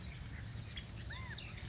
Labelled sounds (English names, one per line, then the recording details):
California Quail
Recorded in Sonoma County, California